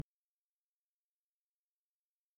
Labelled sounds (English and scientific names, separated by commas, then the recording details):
House Finch (Haemorhous mexicanus) song
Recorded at Oceanside on Long Island, New York, on 17 June 1975
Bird A